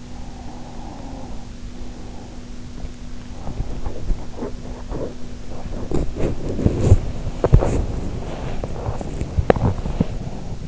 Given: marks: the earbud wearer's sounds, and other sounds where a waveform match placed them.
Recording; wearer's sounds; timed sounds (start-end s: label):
sounds in sleep by an in-ear microphone; breath, teeth grinding, body movement
0.12-2.80 s: breath
3.32-5.32 s: teeth grinding
5.63-10.68 s: body movement